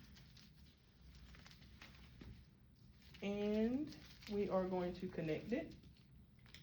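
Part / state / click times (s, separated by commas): SCD air tubing connector into leg compression sleeve port / seated / 6.5 s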